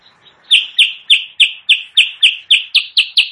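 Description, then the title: Sooty-headed bulbul song: a brisk, even series of loud, downslurred chirps, about three or four each second. Chattering (gacor) song used as masteran, a training recording for caged birds, and as a pikat lure sound. "Masteran Kutilang Sutra. suara pikat kutilang sutra kutilang sutra gacor"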